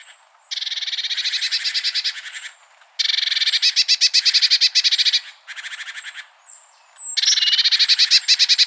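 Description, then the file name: Eurasian blue tit scolding calls, long buzzy churring bursts of rapid repeated notes, with short high thin notes between them. "Cyanistes caeruleus"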